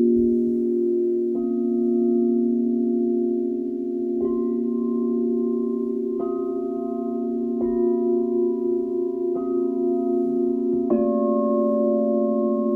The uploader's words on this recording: Crystal Singing Bowls. Sound Bath.